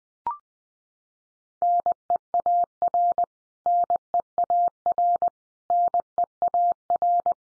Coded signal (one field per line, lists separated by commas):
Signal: Morse code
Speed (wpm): 20 wpm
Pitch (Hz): 700 Hz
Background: none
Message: NEAR NEAR NEAR